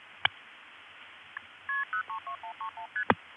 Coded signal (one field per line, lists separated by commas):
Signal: multi-frequency trunk signalling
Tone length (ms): 100 ms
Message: KP032131ST